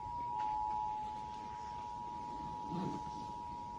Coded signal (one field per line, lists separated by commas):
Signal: Emergency Alert System (SAME) tones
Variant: 853 and 960 Hz attention tone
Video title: EAS #842 Missouri Amber Alert on KFVS